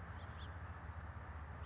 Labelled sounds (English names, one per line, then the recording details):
House Finch
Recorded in Sonoma County, California